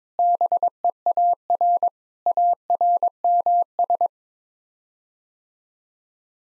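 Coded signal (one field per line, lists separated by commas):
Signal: Morse code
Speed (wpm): 21 wpm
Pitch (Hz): 700 Hz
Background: none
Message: BEAR ARMS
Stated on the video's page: Morse practice at 22 wpm: sets of seven common words (7-grams) for head-copy, each sent twice.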